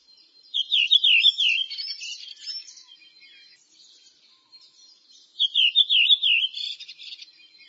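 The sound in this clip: Bird calls: two bursts of high wavering whistled notes, each followed by a scratchy twitter, separated by a pause of a few seconds.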